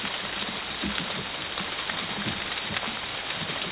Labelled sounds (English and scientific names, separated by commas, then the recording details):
none
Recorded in dense forest near Puerto Asís, Putumayo, Colombia, on 8 March 2025 at 03:00
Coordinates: 0.486, -76.317
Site G053